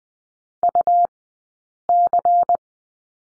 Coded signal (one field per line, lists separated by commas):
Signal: Morse code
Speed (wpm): 20 wpm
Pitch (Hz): 700 Hz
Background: none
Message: UC